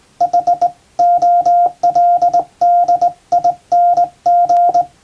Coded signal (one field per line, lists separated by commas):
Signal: Morse code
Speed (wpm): 20 wpm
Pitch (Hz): 700 Hz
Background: none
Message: HOLDING